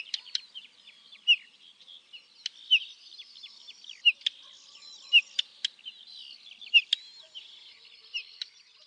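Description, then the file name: European stonechat with hard, percussive tak notes, some doubled, spaced throughout over a steady background of high chirps and whistles. "KLASKAWKA"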